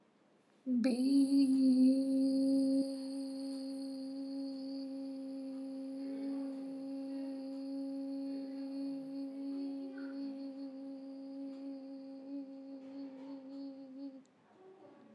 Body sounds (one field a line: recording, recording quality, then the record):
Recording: sustained vowel as in beet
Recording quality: excellent, no background noise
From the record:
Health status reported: healthy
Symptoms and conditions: hypertension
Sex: female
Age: 26 years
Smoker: not ticked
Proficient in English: yes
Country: India